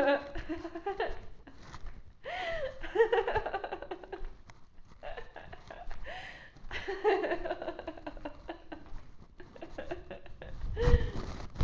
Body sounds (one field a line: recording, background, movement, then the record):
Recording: laughter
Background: quiet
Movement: walking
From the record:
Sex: female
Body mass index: 18.3 kg/m2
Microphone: on the chest, facing outward